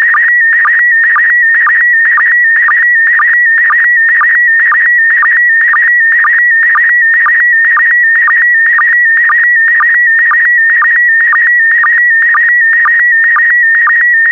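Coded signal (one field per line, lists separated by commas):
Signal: SSTV (slow-scan television)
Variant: PD120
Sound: warbling tone near 2 kHz with regular short lower blips, about two per second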